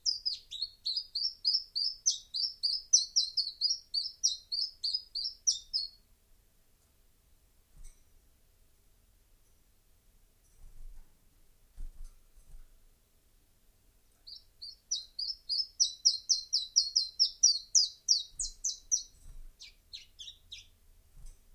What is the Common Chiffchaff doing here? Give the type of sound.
song